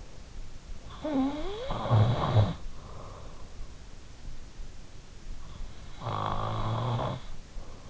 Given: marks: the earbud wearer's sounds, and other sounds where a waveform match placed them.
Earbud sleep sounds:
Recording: sounds in sleep by an in-ear microphone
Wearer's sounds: snoring breath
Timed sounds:
0.64-2.99 s: snoring breath
5.56-7.90 s: snoring breath

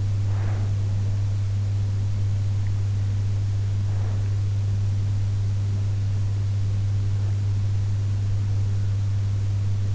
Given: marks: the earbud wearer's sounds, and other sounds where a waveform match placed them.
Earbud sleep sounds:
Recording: sounds in sleep by an in-ear microphone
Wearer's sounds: breath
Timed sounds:
0.00-1.16 s: breath

